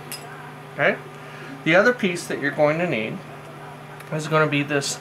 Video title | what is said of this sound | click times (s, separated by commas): effector arm assembly | just squeeze slowly and it'll pop right into place | 0.1 s